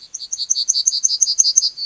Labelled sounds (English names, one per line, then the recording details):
Yellowhammer song
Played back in forest
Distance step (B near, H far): B
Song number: 143